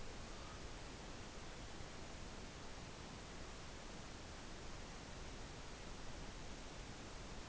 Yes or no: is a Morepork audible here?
no